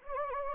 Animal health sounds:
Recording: mosquito wingbeat signal from an infrared sensor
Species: Anopheles gambiae

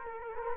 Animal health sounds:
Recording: mosquito wingbeat signal from an infrared sensor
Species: Culex quinquefasciatus

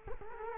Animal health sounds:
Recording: mosquito wingbeat signal from an infrared sensor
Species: Culex quinquefasciatus

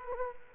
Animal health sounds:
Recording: mosquito wingbeat signal from an infrared sensor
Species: Culex quinquefasciatus

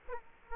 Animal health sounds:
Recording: mosquito wingbeat signal from an infrared sensor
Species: Culex quinquefasciatus

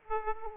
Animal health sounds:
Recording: mosquito wingbeat signal from an infrared sensor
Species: Aedes aegypti

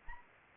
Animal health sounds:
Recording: mosquito wingbeat signal from an infrared sensor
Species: Anopheles arabiensis

